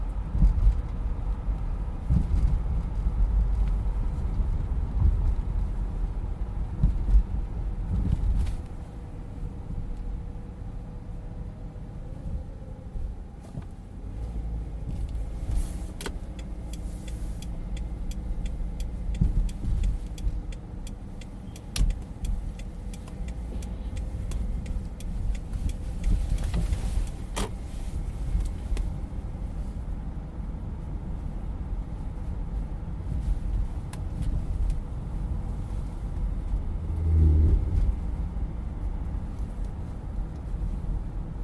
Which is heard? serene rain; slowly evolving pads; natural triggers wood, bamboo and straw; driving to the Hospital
driving to the Hospital